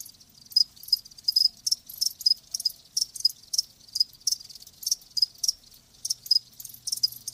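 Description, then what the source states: Cricket chirps come in sharp high bursts, repeated many times against a quiet background. Live crickets chirping.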